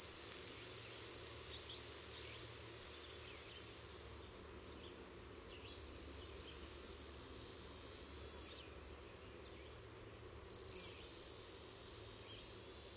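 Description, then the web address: Say's cicada song in long, very high, hissing buzzes of a few seconds each, separated by quieter stretches of a few seconds. North America. "Songs of Insects. Says Cicada"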